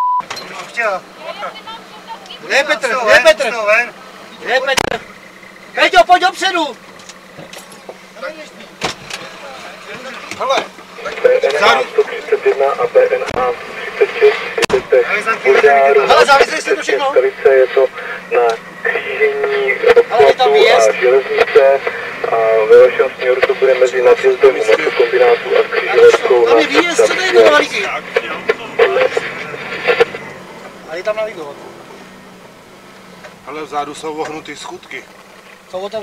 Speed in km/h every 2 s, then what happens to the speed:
0, 0, 0, 4, 0, 0, 0, 0, 0, 0, 0, 16, 19, 20, 20, 23, 19, 15.
0-20 standing. 20-24 pulls away to 19. 24-30 steady at about 20. 30-36 slows to 15.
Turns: none.